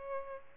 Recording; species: mosquito wingbeat signal from an infrared sensor; Aedes albopictus